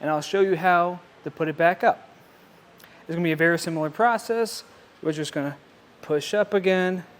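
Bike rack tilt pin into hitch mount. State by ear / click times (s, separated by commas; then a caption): not seated / none. Someone talks while a hitch-mounted Hollywood Racks Sport Rider SE bike rack for 2 electric bikes on a 2023 Subaru Crosstrek is about to be pushed back up from its tilted-away position, so its tilt pin can return into the hitch mount. The speech comes in bursts with quiet gaps, including a faint brief sound at about 2.8 s. The rack's tilt pin has not yet clicked into place.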